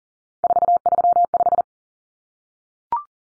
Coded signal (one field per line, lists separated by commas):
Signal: Morse code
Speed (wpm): 40 wpm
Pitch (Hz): 700 Hz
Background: none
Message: 435